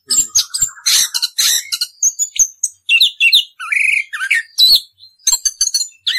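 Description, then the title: Orange-headed thrush song: a long, continuous run of varied high chirps, whistles and rapid twittering phrases, with very short pauses between bursts. Continuous rolling song style called "ngerol", presented as a master recording for training birds. "suara anis kembang ngerol"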